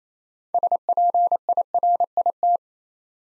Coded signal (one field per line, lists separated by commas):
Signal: Morse code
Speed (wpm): 27 wpm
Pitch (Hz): 700 Hz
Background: none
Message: SPIRIT